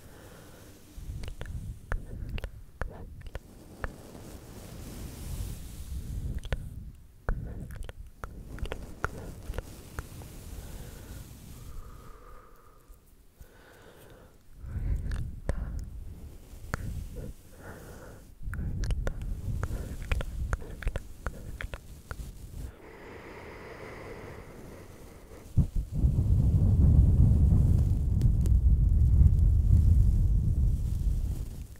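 Slow brushing across a microphone, heard close up as soft low scrapes and rustles that come and go, with sharp little clicks scattered throughout. A quieter stretch near the middle gives way to a louder, deeper rumbling rub over the final six seconds.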